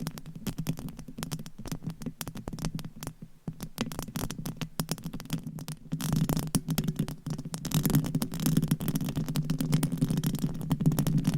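Dense scratching on a microphone, a low rough rumble with rapid clicky strokes, growing louder and busier after about six seconds.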